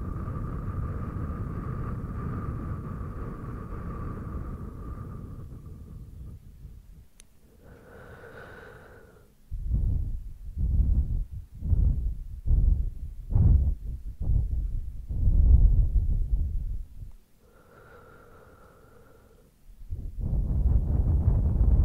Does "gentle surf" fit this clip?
no